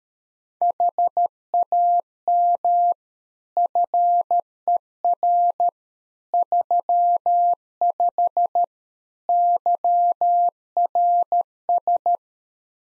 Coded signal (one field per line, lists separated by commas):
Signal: Morse code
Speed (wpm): 13 wpm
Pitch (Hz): 700 Hz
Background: none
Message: HAM FER 35 YRS